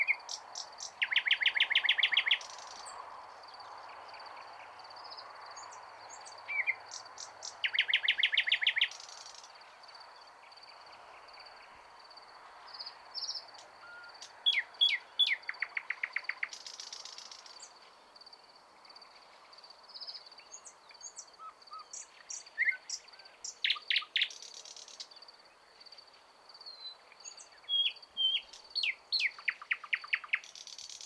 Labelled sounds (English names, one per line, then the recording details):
Thrush Nightingale song
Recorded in the wild
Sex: male
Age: adult
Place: Wizna, Lomzynski Park Krajobrazowy Doliny Narwi, Podlaskie Voivodeship, PL
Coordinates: 53.1985, 22.411
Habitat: deciduous forest edge
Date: 2016-05-25 20:35
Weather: light cloud, no wind
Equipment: Marantz PMD660 recorder, Sennheiser ME67 directional microphone
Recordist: Souriau, Abel